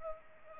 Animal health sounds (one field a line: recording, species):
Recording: mosquito wingbeat signal from an infrared sensor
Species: Culex pipiens